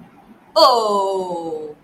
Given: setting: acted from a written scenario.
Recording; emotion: vocal sound without words; sympathy